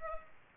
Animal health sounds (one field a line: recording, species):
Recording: mosquito wingbeat signal from an infrared sensor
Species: Culex pipiens